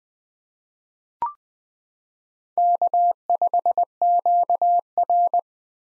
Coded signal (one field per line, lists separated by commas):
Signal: Morse code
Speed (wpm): 20 wpm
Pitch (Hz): 700 Hz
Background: none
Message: K5QR